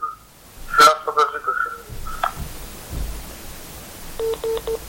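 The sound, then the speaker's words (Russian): Electronic telephone line tones ring out in short bursts after the other party hangs up a call, first a jumble of beeps and chirps, then a steady series of evenly spaced, mid-pitched tone pulses over a low hiss. “Сбросил трубку, не нашел ответа.”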